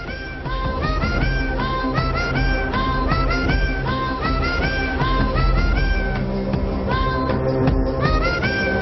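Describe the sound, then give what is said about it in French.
Rising cat meows, from a video combining a cat with Game of Thrones, repeat in a steady melodic pattern over loud, continuous instrumental music with heavy low tones, as if the meows were arranged into a tune. “Chat et Game of Thrones.”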